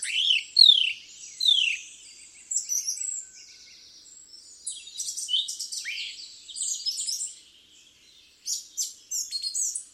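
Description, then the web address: Song thrush song, opening with rapid downward-sweeping whistles repeated two or three times, then varied high chattering and twittering phrases with brief pauses between them. "cianscape birddata Deverinetal 2025"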